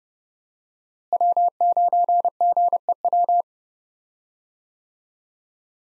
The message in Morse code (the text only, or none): W9GEW